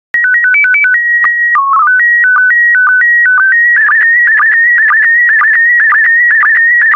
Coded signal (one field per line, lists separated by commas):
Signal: SSTV (slow-scan television)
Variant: PD 120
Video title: 155082 Canoeing and Kayaking SSTV PD120